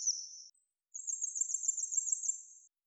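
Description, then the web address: Grey wagtail calling: a short high thin note, then a longer sharp buzzy trill held at a steady very high pitch for almost two seconds; no other sounds. "Motacilla cinerea"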